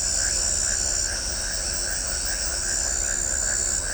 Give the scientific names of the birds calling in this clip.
none